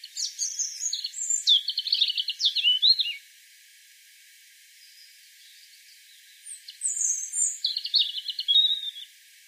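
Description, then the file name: European robin song: two phrases, each a thin high whistle running into a fast, slightly descending trill, separated by a quiet gap. "Erithacus rubecula"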